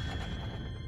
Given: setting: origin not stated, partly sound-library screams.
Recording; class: one-second piece from a danger detection set; woman in danger